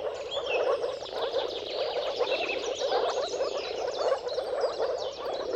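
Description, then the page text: Moor frogs croaking together in a steady bubbling chorus, mixed with busy birdsong and chirps. Mating chorus of moor frogs at sunrise, at the turn of March and April depending on weather. "Dawn’s Chorus: Mating Calls of Marsh Frogs at Sunrise. Depending on the weather at the turn of March and April, you can witness an amazing spectacle of moor frogs. Jakub Orzecki"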